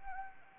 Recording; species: mosquito wingbeat signal from an infrared sensor; Anopheles arabiensis